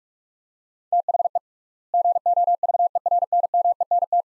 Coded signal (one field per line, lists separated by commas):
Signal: Morse code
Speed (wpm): 46 wpm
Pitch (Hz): 700 Hz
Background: none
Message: THE GOVERNMENT